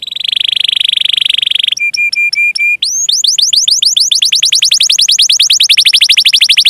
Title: Kenari Gacor Cengkok Isian Kenarigacor Kicaumania Kenari